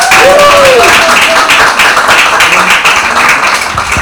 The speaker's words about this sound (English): Clap my hand.